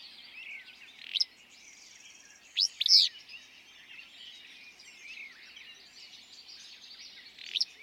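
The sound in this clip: Willow flycatcher song: a quick buzzy note, then a louder wheezy two-part phrase, then another short burst, amid continuous high twittering of other birds.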